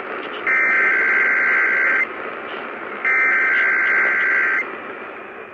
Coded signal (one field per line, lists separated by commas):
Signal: Emergency Alert System (SAME) tones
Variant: header bursts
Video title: EAS 545 - KDKA Test